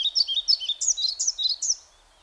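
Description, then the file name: European pied flycatcher giving a clear song phrase of rapid, high, sweet notes, lasting about two seconds before silence. "Мухоловка пеструшка Ficedula hypoleuca"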